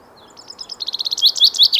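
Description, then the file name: Common chaffinch song, one fast run of bright notes that drops in pitch and grows louder toward the end. "Fringilla coelebs"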